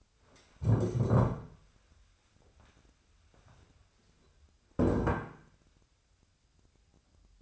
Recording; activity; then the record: daily activity, microphone in the room; stand up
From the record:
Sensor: 2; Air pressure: 1015.1 hPa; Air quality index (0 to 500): 129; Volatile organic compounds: 4 ppm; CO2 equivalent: 1663 ppm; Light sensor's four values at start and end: 12/34/13/14 and 12/33/13/14